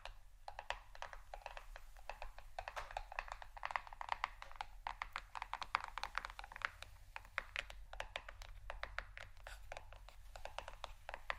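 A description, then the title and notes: Fingernails tap and scratch on plastic bottles in a quick, busy run of clicks lasting the whole clip, dense and uneven like fast typing. The sounds are bright and sit over a low steady hum, with the tapping thickest in the middle. ASMR Tapping & Scratching on Plastic Bottles （No Talking）.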